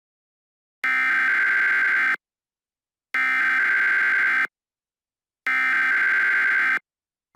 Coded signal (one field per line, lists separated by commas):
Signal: Emergency Alert System (SAME) tones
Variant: header bursts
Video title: "Jack virus": An EAS Mock Scenario